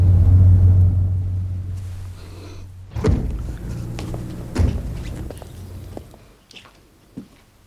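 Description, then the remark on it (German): A car engine rumbles low and steady as the car pulls up at an inn, then winds down and cuts out, followed by a couple of sharp thunks like a door shutting and a few soft clicks. “Ach, da drüben, das ist ja wohl das Lokal. Ja, Sandkrugbaude. Halten Sie mal an, bitte.”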